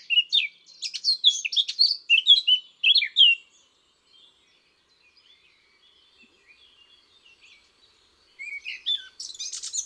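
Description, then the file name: Eurasian blackcap song, a hurried scratchy warble for about three and a half seconds, then near silence with faint soft notes, before another burst of chattering begins toward the end. "Fauvette a tete noire"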